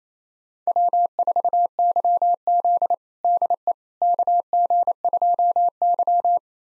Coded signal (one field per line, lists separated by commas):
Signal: Morse code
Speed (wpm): 28 wpm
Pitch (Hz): 700 Hz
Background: none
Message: W4YZ DE KG2Y